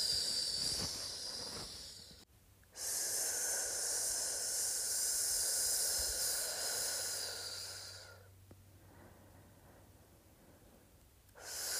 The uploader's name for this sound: ASMR Sssss Sound